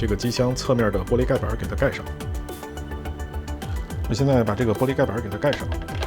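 Someone talks over background music while fitting the tempered glass side panel onto an ASUS ProArt PA602 PC case, with a few faint, brief taps around 2.8 to 3.9 seconds. The panel is being handled and has not yet seated or clicked into place.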